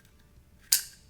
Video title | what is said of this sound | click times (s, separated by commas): The Brownells AR-15 Maintenance Guide | and it'll snap into place. So, now it's riding in the rails. | 0.7 s